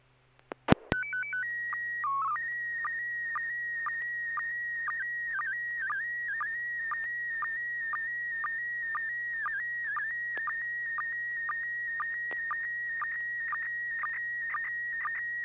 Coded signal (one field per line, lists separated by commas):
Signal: SSTV (slow-scan television)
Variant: PD 120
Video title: N6NA SSTV Net - 10/25/2023